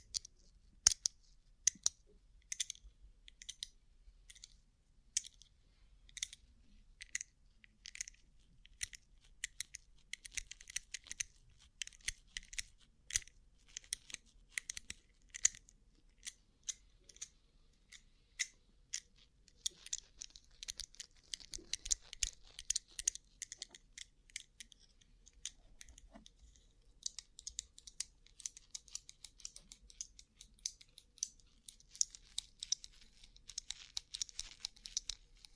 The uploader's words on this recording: ASMR Rhinestone Covered Tapping 3Dio (No Talking).